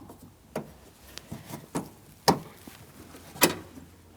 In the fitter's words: Listen for an audible click from that.